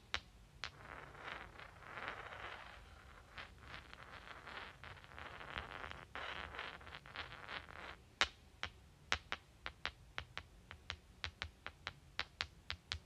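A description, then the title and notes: Rocks are rubbed together for the first eight seconds, a dense grinding scrape broken by a few sharp knocks. Then the rubbing stops and the stones click against each other in crisp, bright taps, roughly two or three per second, fairly regular, until the end. Clicking and Rubbing Rocks.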